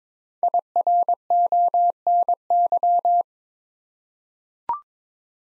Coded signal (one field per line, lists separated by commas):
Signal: Morse code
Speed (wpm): 22 wpm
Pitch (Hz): 700 Hz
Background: none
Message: IRONY